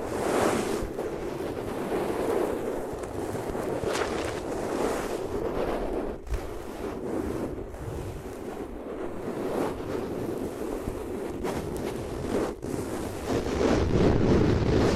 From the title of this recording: Rubbing Your Ears on Different Materials